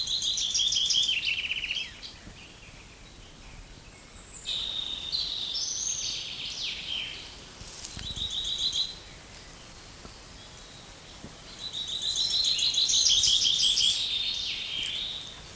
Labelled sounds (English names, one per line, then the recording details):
Common Chaffinch
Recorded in the wild
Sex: male
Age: adult
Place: Mühlenbecker See, Brandenburg, DE
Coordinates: 52.6897, 13.395
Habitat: lake
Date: 1983-07-02 12:05
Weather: sunny, 16-20 °C
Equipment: Nagra SN, Kopie Uher 4000 Monitor Report
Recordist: Tembrock, Günter